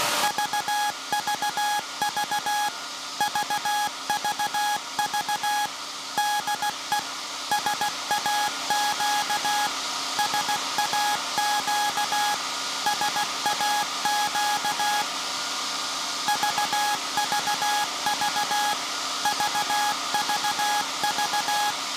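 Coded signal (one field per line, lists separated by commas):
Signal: Morse code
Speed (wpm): 16 wpm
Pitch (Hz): 830 Hz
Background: music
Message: VVV VVV DE SAQ SAQ SAQ VVV VVV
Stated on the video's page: Live CW transmission from SAQ Grimeton's 1924 Alexanderson alternator for UN Day.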